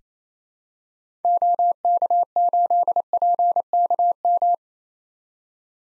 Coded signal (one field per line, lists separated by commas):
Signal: Morse code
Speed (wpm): 28 wpm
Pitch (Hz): 700 Hz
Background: none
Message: OK8PKM